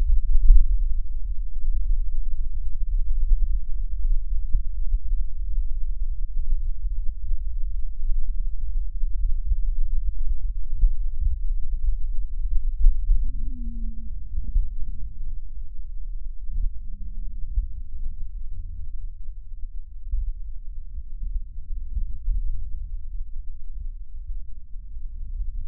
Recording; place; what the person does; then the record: lung sounds by stethoscope; left posterior basal chest; quiet breathing, then deep breathing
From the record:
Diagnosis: pulmonary infection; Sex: male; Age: 74 years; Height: 171 cm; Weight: 80 kg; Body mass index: 27.4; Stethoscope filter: bell mode